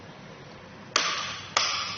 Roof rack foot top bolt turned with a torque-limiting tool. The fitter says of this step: and again tighten this until you hear a click